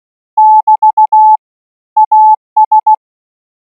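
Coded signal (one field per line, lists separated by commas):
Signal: Morse code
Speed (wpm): 16 wpm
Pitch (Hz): 860 Hz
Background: none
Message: <BT> AS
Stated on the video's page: Thai radio signal training Morse practice at 20 words per minute.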